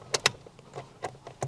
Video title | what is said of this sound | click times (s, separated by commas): The ULTIMATE 70 series steering wheel upgrade - LC250 full installation video | You should hear 3 clicks, and that's it. | 0.1 s, 0.3 s, 1.4 s